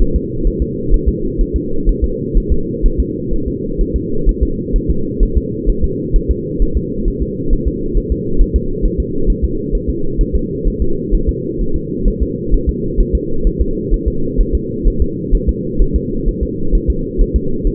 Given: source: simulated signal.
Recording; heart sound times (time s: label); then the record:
fetal heart sounds
0.02 s: S1
0.16 s: S2
0.47 s: S1
0.62 s: S2
0.94 s: S1
1.09 s: S2
1.41 s: S1
1.56 s: S2
1.89 s: S1
2.04 s: S2
2.38 s: S1
2.52 s: S2
2.86 s: S1
3.00 s: S2
3.34 s: S1
3.48 s: S2
3.81 s: S1
3.96 s: S2
4.29 s: S1
4.43 s: S2
4.76 s: S1
4.91 s: S2
5.23 s: S1
5.37 s: S2
5.70 s: S1
5.84 s: S2
6.16 s: S1
6.31 s: S2
6.62 s: S1
6.77 s: S2
7.08 s: S1
7.23 s: S2
7.53 s: S1
7.68 s: S2
7.97 s: S1
8.12 s: S2
8.42 s: S1
8.56 s: S2
8.86 s: S1
9.00 s: S2
9.30 s: S1
9.45 s: S2
9.75 s: S1
9.90 s: S2
10.21 s: S1
10.36 s: S2
10.68 s: S1
10.82 s: S2
11.15 s: S1
11.29 s: S2
11.61 s: S1
11.76 s: S2
12.08 s: S1
12.23 s: S2
12.54 s: S1
12.69 s: S2
13.01 s: S1
13.15 s: S2
13.47 s: S1
13.62 s: S2
13.94 s: S1
14.08 s: S2
14.41 s: S1
14.55 s: S2
14.88 s: S1
15.02 s: S2
15.35 s: S1
15.49 s: S2
15.82 s: S1
15.96 s: S2
16.29 s: S1
16.43 s: S2
16.75 s: S1
16.90 s: S2
17.22 s: S1
17.36 s: S2
17.67 s: S1
From the record:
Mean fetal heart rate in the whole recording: 130 bpm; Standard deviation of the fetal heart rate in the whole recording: 4 bpm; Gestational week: 38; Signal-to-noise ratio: -8.1 dB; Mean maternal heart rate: 72 bpm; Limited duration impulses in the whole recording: absent